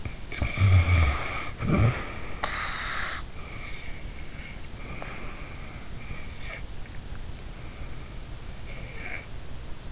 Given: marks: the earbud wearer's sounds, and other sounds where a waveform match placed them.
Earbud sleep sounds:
sounds in sleep by an in-ear microphone; snoring breath, breath
0.00-3.21 s: snoring breath
3.38-6.36 s: breath
6.46-9.32 s: snoring breath

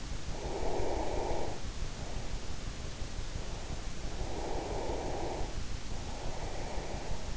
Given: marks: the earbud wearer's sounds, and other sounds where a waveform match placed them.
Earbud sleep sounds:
sounds in sleep by an in-ear microphone; breath
0.33-2.69 s: breath
4.13-7.37 s: breath

